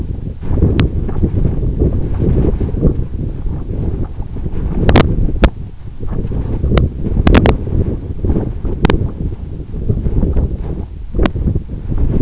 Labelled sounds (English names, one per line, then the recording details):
none
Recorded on Arctic tundra, site EABA-1, on 26 June 2018
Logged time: 04:00